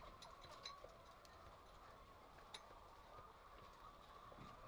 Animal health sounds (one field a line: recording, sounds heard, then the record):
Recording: poultry house recording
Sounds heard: healthy chickens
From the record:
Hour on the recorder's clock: 1